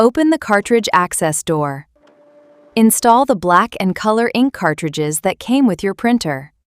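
Someone talks while black and color plastic ink cartridges are handled for installation into the cartridge holder of a Canon PIXMA MG2522 printer with its cartridge access door open. A short quiet gap with a faint steady low hum falls between the talking. Nothing has clicked into place or seated yet.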